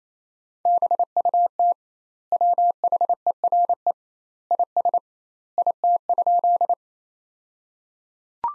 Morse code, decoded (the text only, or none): BUT WHERE IS IT?